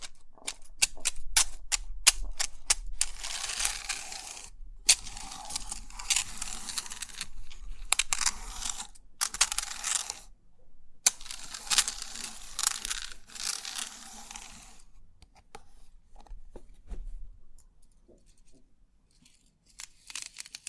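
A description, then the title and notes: Pin art toy being handled, with bursts of crisp, bright rattling as the pins slide and shift, and sharp individual clicks and taps between them. Dense sliding passages run from about 3 to 15 seconds, then the sounds thin out to sparse, quieter ticks. ASMR Crisp 3D Pin Art Tingles(No Talking).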